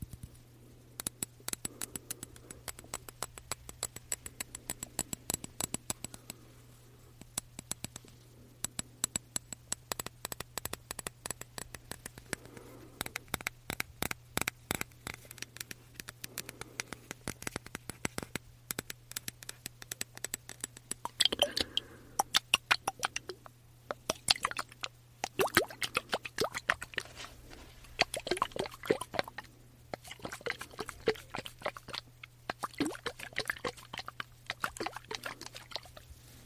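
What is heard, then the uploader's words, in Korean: Fingernails tap and click on diffuser and body mist bottles in quick, irregular bursts throughout, over a steady low hum. 디퓨저, 바디미스트 탭핑 , 흔드는 소리.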